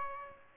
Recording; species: mosquito wingbeat signal from an infrared sensor; Aedes albopictus